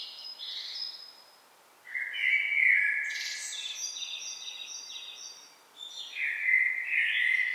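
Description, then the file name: Common blackbird song: a low fluty warble rising into a drawn-out high twittering flourish, followed by the start of another phrase. "Turdus merula"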